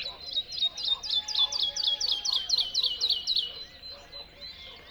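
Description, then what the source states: Bird delivering a rapid series of sharp high notes, roughly four a second, then fading to faint scattered chirps. Song delivered from a tree in the Spanish dehesas.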